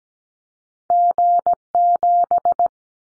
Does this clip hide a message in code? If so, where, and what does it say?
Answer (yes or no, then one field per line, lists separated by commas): yes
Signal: Morse code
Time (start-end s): 0.9-2.7 s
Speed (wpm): 17 wpm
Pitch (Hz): 700 Hz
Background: none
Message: G7